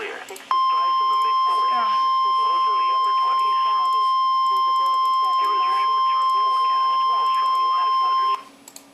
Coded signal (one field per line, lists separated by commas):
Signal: Emergency Alert System (SAME) tones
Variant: 1050 Hz attention tone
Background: speech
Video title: NOAA Weather Radio EAS 72-75 See Dsc.